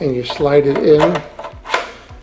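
Someone talks while sliding a VARSK 20V 4.0Ah lithium-ion battery pack, which has a push button and lock tab, toward the mating contacts in the plastic handle of a cordless leaf blower, with rubbing and handling sounds. The pack has not seated or clicked into place yet.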